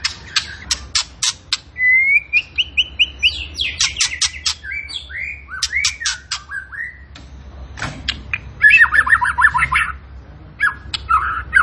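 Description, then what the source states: Tembakan bird song: fast ticking clicks mixed with a rising whistled run and a later burst of dense warbling chatter. Cage bird training recording (masteran) of a Tembakan bird in energetic, frequent singing form (gacor).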